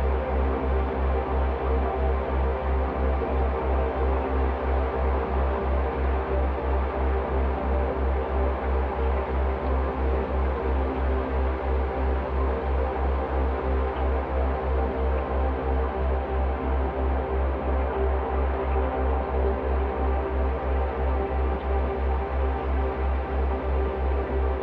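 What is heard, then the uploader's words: A slowed dishwasher recording turned into a dense, steady drone, with a rapid regular low pulse throbbing underneath and faint swirling tones above. This is a two hour binaural at 3 Hz on a carrier of 65.4 Hz (in the key of C). It's based off a field recording of the full duty cycle of a Bosch Dishwasher, slowed down and resonated into a swirling, evolving drone.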